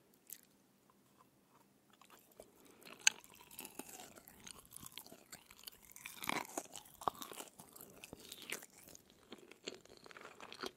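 Eating of chicken feet, with wet chewing, sharp crunches and small bites in an irregular, busy stream. It starts quietly with a few isolated clicks, then grows denser and louder from about three seconds, peaking around six to eight seconds.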